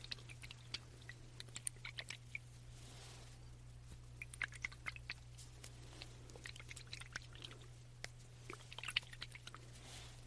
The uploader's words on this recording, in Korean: ASMR 스포이드 소리 잘 담아왔어요.